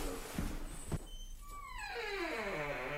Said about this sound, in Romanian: Oh, și ușa asta scârție. Am uns-o, dragă, am uns-o. Nu mai scârțâi, te rog, nu mai scârțâi.